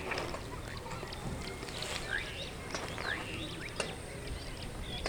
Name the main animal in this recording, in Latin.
Lamprotornis superbus